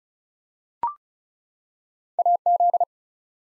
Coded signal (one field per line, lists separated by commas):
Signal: Morse code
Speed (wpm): 36 wpm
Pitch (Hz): 700 Hz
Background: none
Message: AZ